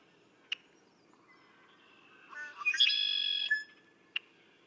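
Red-winged blackbird song: a couple of lower introductory notes, then a buzzy, harmonic-rich trill, bracketed by single sharp clicks before and after.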